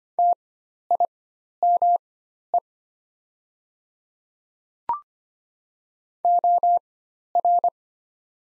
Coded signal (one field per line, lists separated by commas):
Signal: Morse code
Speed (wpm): 25 wpm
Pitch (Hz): 700 Hz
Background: none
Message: TIME OR